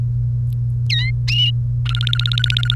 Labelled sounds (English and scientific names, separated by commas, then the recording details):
Domestic Canary (Serinus canaria) song
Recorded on 1 May 2018 at 15:28
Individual llb3